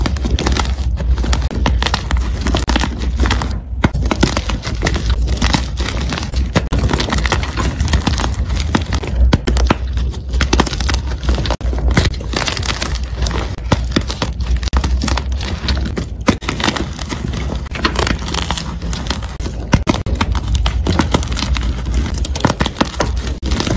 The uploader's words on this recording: Audio only compilation of powder crunch asmr.